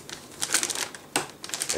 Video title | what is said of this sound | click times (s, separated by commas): Installing DDR3 Ram | click and that's done | 1.2 s